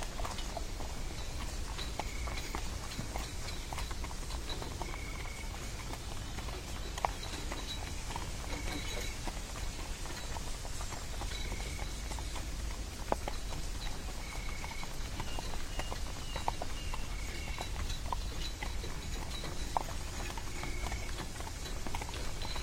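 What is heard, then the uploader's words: Horse hooves clip-clop steadily as a carriage rolls along, a dense, even rhythm over a continuous rumble of wheels. Short bird-like chirps recur every couple of seconds above it, with a few sharper knocks near 7 and 13 seconds. Sitting in a carriage and traveling through the magic forest. The rhythm of the carriage.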